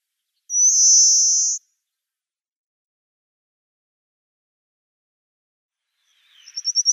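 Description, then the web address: Pale rock sparrow song: a high, buzzy, drawn-out note lasting about a second, then a long silence before a fresh series of quick pulsed notes growing louder near the end. "Schulze Peter Pale Rock Sparrow song"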